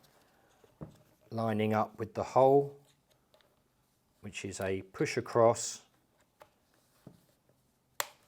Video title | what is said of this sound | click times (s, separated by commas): Saniflo Macerator presentation v 6, 11 1 24 | and a snap into place we | 8.0 s